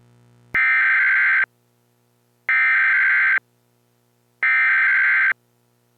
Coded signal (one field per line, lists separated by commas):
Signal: Emergency Alert System (SAME) tones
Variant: header bursts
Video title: The Enigma Part 1: An EAS Mock Scenario